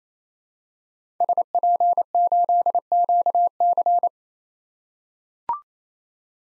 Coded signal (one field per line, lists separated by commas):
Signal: Morse code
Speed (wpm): 28 wpm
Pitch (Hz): 700 Hz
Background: none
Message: SP8QC